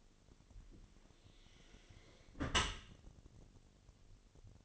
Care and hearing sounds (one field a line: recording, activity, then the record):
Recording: daily activity, microphone in the room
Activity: close dishwasher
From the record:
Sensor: 4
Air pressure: 1007.5 hPa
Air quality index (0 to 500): 198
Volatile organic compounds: 7 ppm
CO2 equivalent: 1975 ppm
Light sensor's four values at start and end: 22/70/26/26 and 23/71/27/26